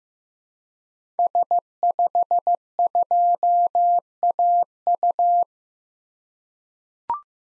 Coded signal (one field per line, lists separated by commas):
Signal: Morse code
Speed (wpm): 15 wpm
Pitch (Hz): 700 Hz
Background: none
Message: S52AU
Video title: 2023 SOTA Activator Call Signs - 15wpm